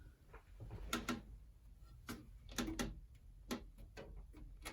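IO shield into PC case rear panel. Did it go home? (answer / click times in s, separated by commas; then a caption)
yes / 0.9 s, 1.1 s, 2.1 s, 2.6 s, 2.8 s, 3.5 s. A thin metal IO shield is pressed into the rear opening of a PC case, giving a series of sharp metallic snaps as its edges click into place at 0.9, 1.1, 2.1, 2.6, 2.8 and 3.5 seconds. The shield is seated at all four corners.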